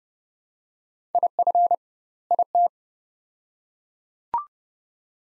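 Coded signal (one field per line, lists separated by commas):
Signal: Morse code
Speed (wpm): 31 wpm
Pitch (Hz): 700 Hz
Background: none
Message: IF IT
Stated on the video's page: Practice drill of two-word sets at 30 wpm with doubled word spacing, a Farnsworth-like method applied to words.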